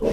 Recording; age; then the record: pig call; piglet (1 to 25 days)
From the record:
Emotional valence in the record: positive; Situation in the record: reunion after long isolation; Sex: female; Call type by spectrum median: low-frequency call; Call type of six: low-frequency stable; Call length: 0.13 s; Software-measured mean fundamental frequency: 61 Hz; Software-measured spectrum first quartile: 251 Hz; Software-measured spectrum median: 427 Hz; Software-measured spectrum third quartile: 562 Hz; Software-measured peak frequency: 452 Hz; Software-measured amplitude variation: 90 dB a second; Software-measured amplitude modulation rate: 15.2 a second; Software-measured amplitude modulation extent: 5.9 dB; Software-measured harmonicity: 1.9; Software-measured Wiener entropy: -0.91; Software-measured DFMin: 1050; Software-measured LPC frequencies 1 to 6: 477, 1933, 2687, 4132, 4955, 5600 Hz